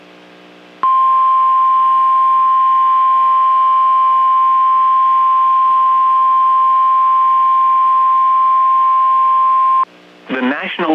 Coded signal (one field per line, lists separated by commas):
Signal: Emergency Alert System (SAME) tones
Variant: 1050 Hz attention tone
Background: speech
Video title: Severe Weather Outbreak! - EAS Alert Compilation from 3/2/2023 (PDS SVRs, Triple-Headers and More)